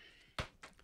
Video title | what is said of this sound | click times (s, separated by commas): Abe unboxes his $3K Lynx Hilo | snaps right in there like that | 0.4 s